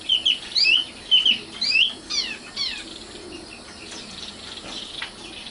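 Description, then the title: Oriental magpie-robin song: a burst of lively, twisting whistled notes that thins out into softer, scattered chirps against a faint background hiss. Kacer song. "Kicau Kacer"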